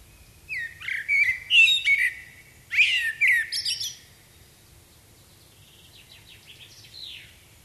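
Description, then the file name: Common blackbird singing two mellow, warbled whistled phrases, each ending in a high, squeaky twitter, followed by faint thin high notes. "Turdus merula"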